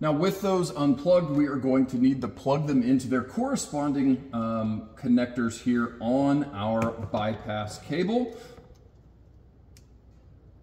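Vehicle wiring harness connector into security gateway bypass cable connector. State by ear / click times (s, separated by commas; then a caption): seated / 9.8 s. On a 2024 Jeep Wrangler JL, vehicle wiring harness connectors are pushed into their matching connectors on a security gateway bypass cable until they latch. Someone talks for about the first 8.5 seconds, then after a quiet stretch a short, faint click is heard at 9.8 seconds as a connector seats into the bypass cable.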